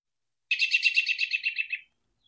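American Robin call: a quick chattering burst of high, bright notes lasting just over a second.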